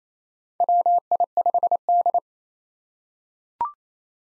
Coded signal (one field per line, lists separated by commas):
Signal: Morse code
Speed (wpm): 28 wpm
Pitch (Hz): 700 Hz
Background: none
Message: WI5D